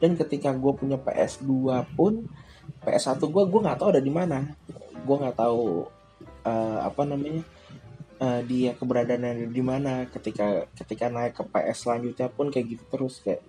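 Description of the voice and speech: Conversational Indonesian from an adult man with repeated words and phrases, long pauses and fillers, fitting mild stuttering; he speaks to practise not stuttering.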